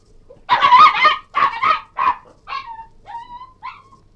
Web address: Cairn Terrier yelping,whining & barking